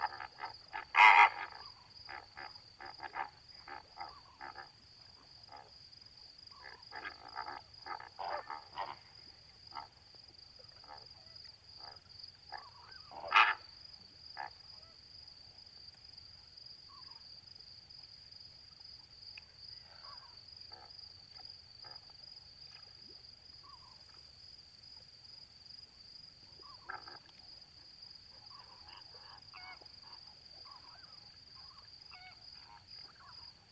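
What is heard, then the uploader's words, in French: Greater flamingos feed in shallow water and call now and then, with a busy gabble of honks in the first ten seconds. Loud cries stand out near 1 and 13 seconds, then the calls thin out. A steady high whine and a low rumble run throughout. Etang de Vaccares - Camargue - Nagra seven - B&K - omni. Installé pour la nuit sur le bord de l'étang, la nuit est d'un calme étonnant pour la Camargue. Pas un souffle de vent et une superbe ambiance de Flamant rose ( Phoenicopterus ruber ). Tranquillement de l'eau à mi-pattes ils se nourrissent en discutant parfois.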